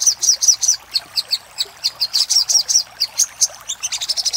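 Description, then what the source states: Little spiderhunter song: a series of high chips, ending in a quicker cluster of notes. Master recording used for training cage birds.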